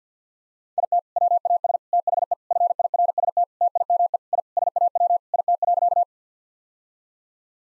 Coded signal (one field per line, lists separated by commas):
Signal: Morse code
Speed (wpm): 50 wpm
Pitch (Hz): 700 Hz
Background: none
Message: IT WAS THE FIRST TIME I SAW IT.